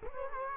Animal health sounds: mosquito wingbeat signal from an infrared sensor; Culex quinquefasciatus

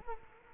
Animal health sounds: mosquito wingbeat signal from an infrared sensor; Culex quinquefasciatus

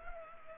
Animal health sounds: mosquito wingbeat signal from an infrared sensor; Culex pipiens

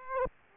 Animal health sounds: mosquito wingbeat signal from an infrared sensor; Aedes aegypti

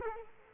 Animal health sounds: mosquito wingbeat signal from an infrared sensor; Culex quinquefasciatus

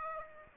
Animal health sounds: mosquito wingbeat signal from an infrared sensor; Aedes aegypti

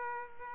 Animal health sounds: mosquito wingbeat signal from an infrared sensor; Culex quinquefasciatus

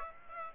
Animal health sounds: mosquito wingbeat signal from an infrared sensor; Aedes aegypti

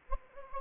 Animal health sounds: mosquito wingbeat signal from an infrared sensor; Anopheles gambiae

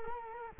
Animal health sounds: mosquito wingbeat signal from an infrared sensor; Culex quinquefasciatus

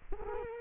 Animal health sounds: mosquito wingbeat signal from an infrared sensor; Culex quinquefasciatus

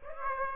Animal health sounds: mosquito wingbeat signal from an infrared sensor; Aedes aegypti

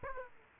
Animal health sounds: mosquito wingbeat signal from an infrared sensor; Aedes aegypti

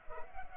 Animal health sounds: mosquito wingbeat signal from an infrared sensor; Culex pipiens

